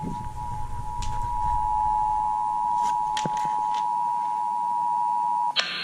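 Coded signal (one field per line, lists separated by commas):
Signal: Emergency Alert System (SAME) tones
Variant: 853 and 960 Hz attention tone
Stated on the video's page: Georgia Required Monthly Test on four FM radio stations.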